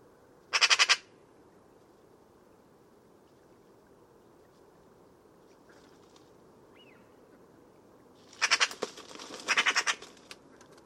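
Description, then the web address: Bird giving harsh, rasping calls: one short burst early, then a longer run of grating chattered bursts near the end, with a faint thin whistle between. "Bird Only More Classes Pi Pi Pi Pi"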